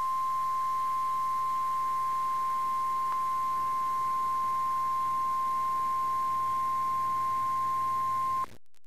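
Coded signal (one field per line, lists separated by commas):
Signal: Emergency Alert System (SAME) tones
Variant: 853 and 960 Hz attention tone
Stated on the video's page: Hurricane Ida EAS alerts aired on FM station WKVP 106.9, Camden, New Jersey.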